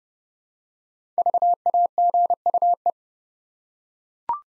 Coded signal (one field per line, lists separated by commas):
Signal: Morse code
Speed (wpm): 28 wpm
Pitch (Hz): 700 Hz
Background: none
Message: VAGUE